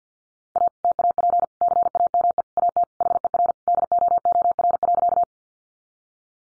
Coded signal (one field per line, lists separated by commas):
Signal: Morse code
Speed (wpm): 50 wpm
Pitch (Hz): 700 Hz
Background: none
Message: A TAP CAME AT HER DOOR.